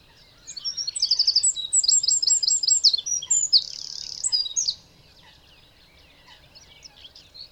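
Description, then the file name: Eurasian wren song for about four seconds, a fast, shrill series of trills and a rattling buzz, followed by quiet with faint bird chirps. "Troglodytes troglodytes"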